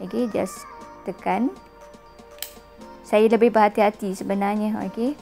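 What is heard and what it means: Someone talks over background music while pressing the plastic top cover of a NIIMBOT D11 portable label printer shut after loading the label roll. A single sharp click is heard at 2.4 s as the cover seats closed.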